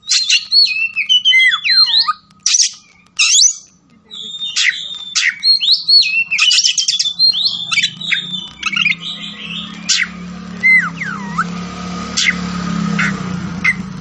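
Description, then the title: Oriental magpie-robin song of whistles and looping slurs, growing sparser as a steady broad hiss rises in the second half. Kacer fighting song, styled ngotot full tembakan, meant to make a kacer fight within minutes. "Kacer Langsung Tarung Konslet KACER NGOTOT FULL TEMBAKAN"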